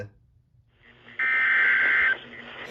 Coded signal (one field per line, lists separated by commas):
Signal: Emergency Alert System (SAME) tones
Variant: header bursts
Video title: Scholastic Storms (EAS Alerts from 3/3/23) EAS #22-#41